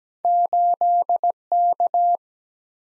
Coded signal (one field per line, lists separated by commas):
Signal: Morse code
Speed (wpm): 17 wpm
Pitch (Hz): 700 Hz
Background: none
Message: 8 K